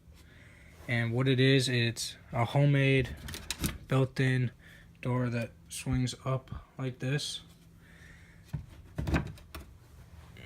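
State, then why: Seated. A homemade built-in door on a reptile tank is swung up and snaps into place. Someone talks from about 0.9 to 7.3 s, then after a short quiet stretch a cluster of sharp knocks and rattles peaks with the snap at 9.6 s.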